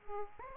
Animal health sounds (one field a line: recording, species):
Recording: mosquito wingbeat signal from an infrared sensor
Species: Aedes aegypti